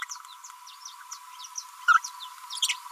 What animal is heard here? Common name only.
Green-rumped Parrotlet